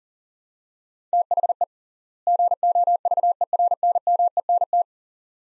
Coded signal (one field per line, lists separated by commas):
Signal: Morse code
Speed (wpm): 40 wpm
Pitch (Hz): 700 Hz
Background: none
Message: THE GOVERNMENT